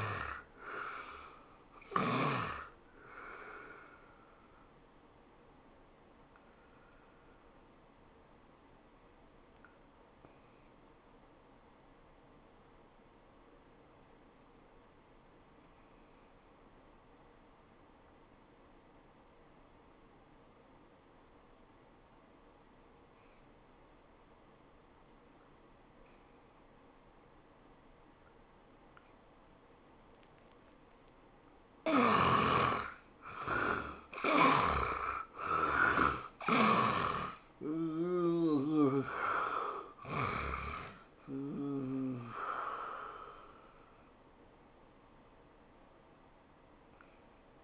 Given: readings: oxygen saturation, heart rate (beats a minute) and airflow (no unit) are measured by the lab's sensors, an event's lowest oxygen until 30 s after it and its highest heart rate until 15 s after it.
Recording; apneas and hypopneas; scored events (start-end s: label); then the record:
breathing in sleep by a voice recorder at the bedside; 1
21.00-32.40 s: obstructive apnea (N1, oxygen 89% highest, then 73% lowest, heart rate 78 at the start, 101 highest)
From the record:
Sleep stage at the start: N1 (lightest sleep); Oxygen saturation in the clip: 70 to 90%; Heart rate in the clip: 72 to 101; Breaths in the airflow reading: 6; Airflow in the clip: -13.1 to 12.4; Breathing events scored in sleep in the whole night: 403 in 5.5 hours asleep